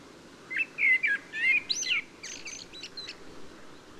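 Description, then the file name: Blackbird singing a mellow warbled phrase of fluting notes, followed by a thin, scratchy high-pitched twitter over faint background hiss. "Turdus merula"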